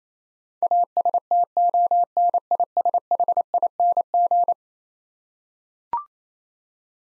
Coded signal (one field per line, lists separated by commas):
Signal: Morse code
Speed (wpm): 28 wpm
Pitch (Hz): 700 Hz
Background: none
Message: ASTONISHING